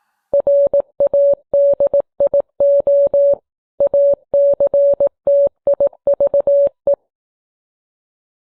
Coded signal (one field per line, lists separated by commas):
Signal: Morse code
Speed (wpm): 18 wpm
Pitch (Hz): 560 Hz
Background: none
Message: RADIO ACTIVE